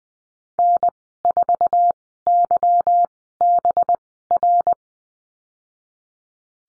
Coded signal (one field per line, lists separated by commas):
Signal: Morse code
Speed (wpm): 20 wpm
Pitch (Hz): 700 Hz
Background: none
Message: N4YBR